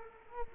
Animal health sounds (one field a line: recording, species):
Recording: mosquito wingbeat signal from an infrared sensor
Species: Culex quinquefasciatus